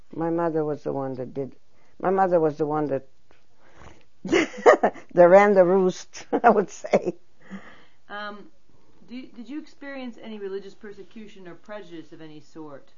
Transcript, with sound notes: My mother was the one that did, my mother was the one that, ( she laughs ) that ran the roost, I would say.
Did you experience any religious persecution or prejudice of any sort?